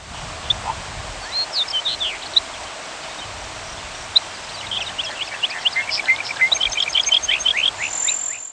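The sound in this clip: Thick-billed longspur giving a few scattered high chips, then a run of tinkling, twittering notes in the second half; steady background hiss.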